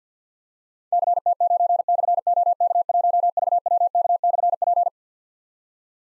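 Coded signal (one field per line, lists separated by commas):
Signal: Morse code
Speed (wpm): 53 wpm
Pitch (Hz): 700 Hz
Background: none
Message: CT9/OK1VWK/P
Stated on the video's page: Morse code drill at 50 wpm of difficult callsigns with slashes, each sent, spoken, then sent again, for keyboard or pencil copy.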